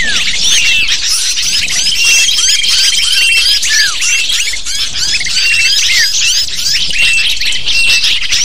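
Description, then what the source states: Lovebird chorus, a continuous mass of sharp, high-pitched chirps and squawks overlapping without pause, with a few falling notes and faint thin whistles. Used to lure lovebirds.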